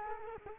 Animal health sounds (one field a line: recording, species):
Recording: mosquito wingbeat signal from an infrared sensor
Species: Culex quinquefasciatus